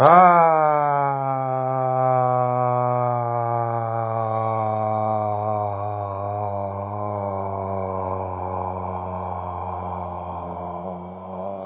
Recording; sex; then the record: sustained vowel /a/; male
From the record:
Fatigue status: fatigue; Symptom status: symptomatic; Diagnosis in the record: COVID-19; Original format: 3gp